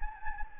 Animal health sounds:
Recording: mosquito wingbeat signal from an infrared sensor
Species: Anopheles gambiae

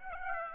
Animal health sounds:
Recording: mosquito wingbeat signal from an infrared sensor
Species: Aedes aegypti

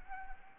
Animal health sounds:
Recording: mosquito wingbeat signal from an infrared sensor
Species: Anopheles arabiensis

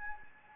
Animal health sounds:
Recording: mosquito wingbeat signal from an infrared sensor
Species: Anopheles gambiae

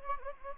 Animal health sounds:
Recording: mosquito wingbeat signal from an infrared sensor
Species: Anopheles gambiae

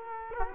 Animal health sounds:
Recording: mosquito wingbeat signal from an infrared sensor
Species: Culex quinquefasciatus

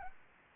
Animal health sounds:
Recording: mosquito wingbeat signal from an infrared sensor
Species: Anopheles gambiae

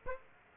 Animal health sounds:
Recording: mosquito wingbeat signal from an infrared sensor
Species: Aedes aegypti

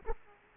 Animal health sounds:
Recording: mosquito wingbeat signal from an infrared sensor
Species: Aedes aegypti

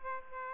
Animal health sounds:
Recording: mosquito wingbeat signal from an infrared sensor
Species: Aedes aegypti

